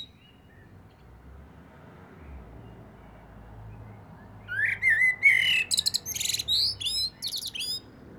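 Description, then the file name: Common blackbird begins after a quiet spell with a fluty warble, then a long run of high, squeaky chattering notes. "Turdus merula"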